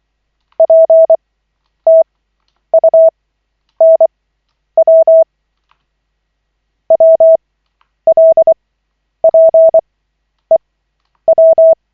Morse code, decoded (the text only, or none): PTUNW WLPEW